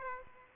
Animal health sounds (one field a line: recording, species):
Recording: mosquito wingbeat signal from an infrared sensor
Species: Aedes aegypti